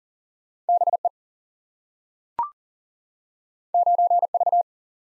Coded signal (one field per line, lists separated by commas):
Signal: Morse code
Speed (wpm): 40 wpm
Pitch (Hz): 700 Hz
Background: none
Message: B E 9 V